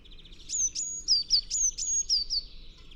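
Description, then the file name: Eurasian blue tit: a brisk run of about eight high, thin, falling notes over a soft buzzy trill. "Cyanistes caeruleus"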